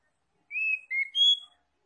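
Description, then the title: Oriental magpie-robin song phrase of three clear whistled notes: a long level whistle, a slightly lower one, then a higher bright note. Oriental magpie-robin linked to Tretes, described as singing vigorously (gacor). "Kacer Tretes"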